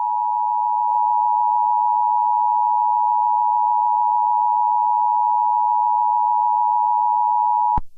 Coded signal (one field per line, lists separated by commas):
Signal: Emergency Alert System (SAME) tones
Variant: 853 and 960 Hz attention tone